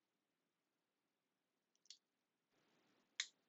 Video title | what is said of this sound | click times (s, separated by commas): Howl LEGO Building 75363 The Mandalorian N-1 Starfighter Microfighter | Satisfying snap. | 3.2 s